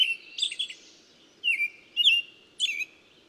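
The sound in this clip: Bird song with a longer phrase at the start, followed by three separate high chirps, each a quick slurred note, against faint background noise.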